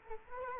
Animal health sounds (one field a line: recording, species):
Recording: mosquito wingbeat signal from an infrared sensor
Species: Culex quinquefasciatus